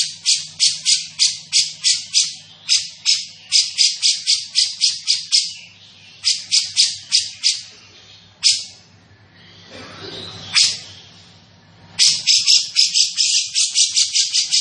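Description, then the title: Grey-cheeked bulbul in fast runs of harsh, buzzy notes, then a quieter stretch with one louder note and some rustling before the rapid chatter resumes. Bird described as in full, active voice ('gacor'), with a dense, clear sound. "Cucak Jenggot Gacor, Suara Rapat Dan Jernih"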